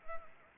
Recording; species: mosquito wingbeat signal from an infrared sensor; Anopheles arabiensis